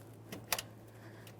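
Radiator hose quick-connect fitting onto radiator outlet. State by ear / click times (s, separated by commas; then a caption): seated / 0.5 s. During a radiator replacement on a 2015-2020 Ford F-150 3.5L V6, the coolant hose quick-connect fitting is lined up and pushed onto the radiator outlet neck. A softer tap comes at 0.3 s, then a sharp, bright click at 0.5 s with a quick follow-up tick at 0.6 s, over a steady low hum. The connector locks in place and does not slide off.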